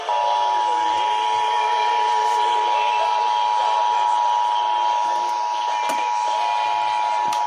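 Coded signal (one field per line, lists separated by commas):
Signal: Emergency Alert System (SAME) tones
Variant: 853 and 960 Hz attention tone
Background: speech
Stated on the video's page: Pennsylvania Required Monthly Test received on AM, FM and TV stations and a cable system.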